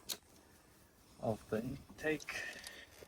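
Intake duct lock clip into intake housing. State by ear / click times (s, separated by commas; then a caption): not seated / none. The plastic lock clip of the intake duct on a BMW N55 engine is handled as it is brought to the intake housing, with a short sharp tap near 0.1 s and another brief tick around 2.7 s while someone talks. The clip has not been pushed home yet, and nothing has seated or clicked.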